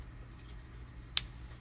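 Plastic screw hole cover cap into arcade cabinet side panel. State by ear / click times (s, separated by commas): seated / 1.2 s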